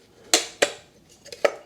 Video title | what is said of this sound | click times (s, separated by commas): Jowua Folding Electric Scooter fits in frunk of Tesla Model S 3 X Y | Okay, so that's locked in there. | 0.3 s